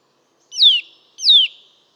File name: Sitta europaea